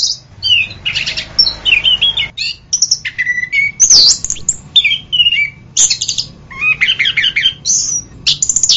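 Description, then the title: Orange-headed thrush song of mixed phrases: clear whistles, scratchy bursts and quick trills, broken by short gaps; a low hum runs underneath. "anis kembang"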